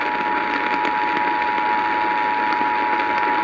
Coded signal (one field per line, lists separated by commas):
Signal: Emergency Alert System (SAME) tones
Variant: 853 and 960 Hz attention tone